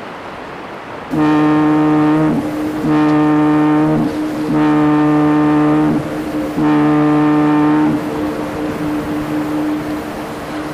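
A foghorn sounds four times in a regular pattern, each blast lasting just over a second with short gaps between, a deep, steady tone rich in overtones. Beneath it, a constant low rush of sea and wind fills the background.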